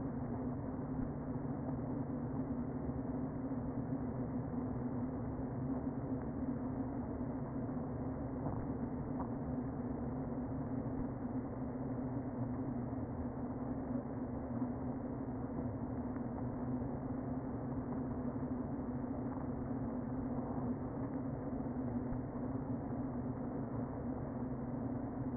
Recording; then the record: honeybee colony, microphone inside the hive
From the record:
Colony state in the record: queen present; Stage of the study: before two queens were removed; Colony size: about 60,000 bees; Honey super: yes